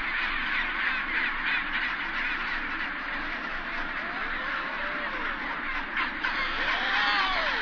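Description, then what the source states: Chinstrap penguins calling in a colony, a steady din of raucous squawks with a few clearer rising-and-falling cries near the end. Recorded at a rookery.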